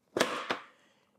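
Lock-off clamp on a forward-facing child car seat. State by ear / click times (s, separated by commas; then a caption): seated / 0.2 s, 0.5 s. A forward-facing Graco child car seat's belt lock-off clamp is pressed closed over the LATCH strap. Two sharp clicks are heard at 0.2 s and 0.5 s, each with a short ringing tail. The lock-off seats shut.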